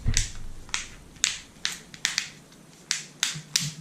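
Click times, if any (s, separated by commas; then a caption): 0.2 s, 1.2 s, 1.7 s, 2.2 s, 3.2 s, 3.6 s. The plastic back cover of an Asus Zenfone Selfie (ZD551KL) smartphone is pressed onto the phone frame around its edge during a screen replacement. Each retaining clip snaps in with a sharp click at about 0.2, 1.2, 1.7, 2.2, 3.2 and 3.6 seconds. The cover is seated, with every clip snapped home.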